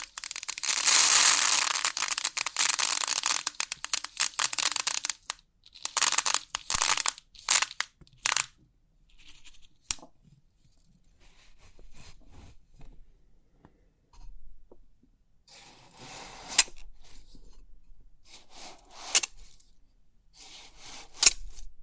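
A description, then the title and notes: Crisp 3D pin art tingles: a dense, bright rush of clicking pins fills the first five seconds. After that come scattered bursts and sharp taps with quiet gaps, including a busier stretch around 15 to 17 seconds and a few loud clicks near the end. Crisp 3D Pin Art Tingles(No Talking).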